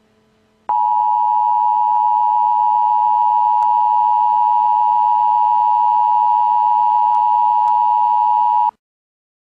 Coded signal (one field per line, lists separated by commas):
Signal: Emergency Alert System (SAME) tones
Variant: 853 and 960 Hz attention tone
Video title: Emergency Alert System - Civil Emergency Message